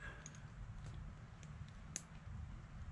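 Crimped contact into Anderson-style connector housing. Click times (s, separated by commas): 2.0 s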